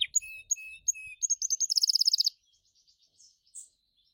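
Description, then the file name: Gloster canary singing a few short notes that speed into a rapid trill, then trailing soft chirps. "canto do canario gloster"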